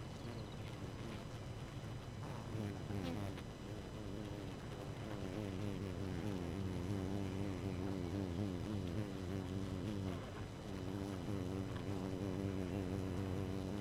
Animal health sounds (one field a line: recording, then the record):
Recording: honeybee colony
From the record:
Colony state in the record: active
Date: 12 June 2018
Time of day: 2:59